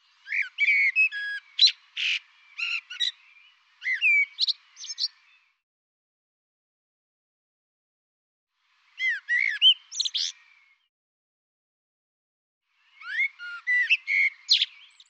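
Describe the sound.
Bird song: a few bursts of quick, varied chirps, whistles and trilled notes, separated by quiet pauses.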